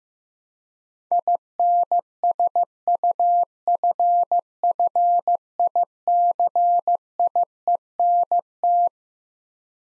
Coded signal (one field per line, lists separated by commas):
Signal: Morse code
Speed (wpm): 16 wpm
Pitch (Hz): 700 Hz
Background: none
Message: INSUFFICIENT